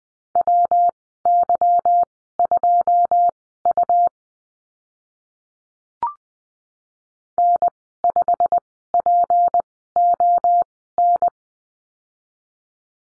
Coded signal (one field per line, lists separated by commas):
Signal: Morse code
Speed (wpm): 20 wpm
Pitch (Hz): 700 Hz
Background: none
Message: WY2U N5PON